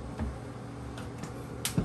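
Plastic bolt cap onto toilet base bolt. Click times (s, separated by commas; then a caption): 1.7 s. A plastic cap is pushed down over the toilet base bolt until it clicks into place. A single sharp click is heard at 1.6 s over faint low background noise, and the cap is seated.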